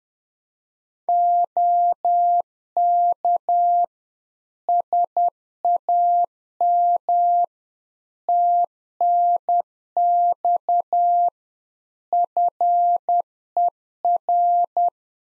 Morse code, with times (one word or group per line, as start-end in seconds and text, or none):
1.1-3.8 OK
4.7-7.4 SAM
8.3-11.3 TNX
12.1-14.9 FER